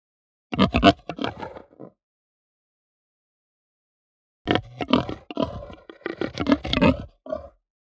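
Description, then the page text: Hampshire pig grunting in two fast, rough bursts of rapid, guttural grunts and snorts separated by a few seconds of silence. Hampshire breed; medium, guttural, fast grunt. "Hampshire Pig Grunt Medium Guttural Fast. Quick Sounds"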